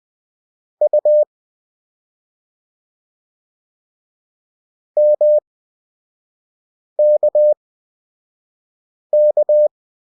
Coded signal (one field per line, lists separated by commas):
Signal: Morse code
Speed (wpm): 20 wpm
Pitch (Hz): 600 Hz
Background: none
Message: U MKK